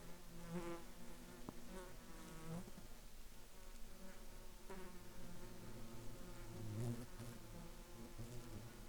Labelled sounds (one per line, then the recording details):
insects
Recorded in the Arctic National Wildlife Refuge, Alaska, on 28 July 2021 at 15:18
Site 33